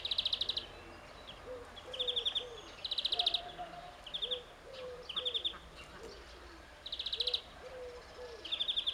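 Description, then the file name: European greenfinch calls: repeated short, rapid twittering bursts of high chirps, about one every second or two, over softer low curved notes and a faint background hiss. "Chloris chloris"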